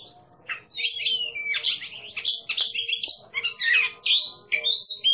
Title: burung berkicau Kacer Ngeplong gacor Juara Nasional. burung Kacer